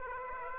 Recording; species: mosquito wingbeat signal from an infrared sensor; Aedes aegypti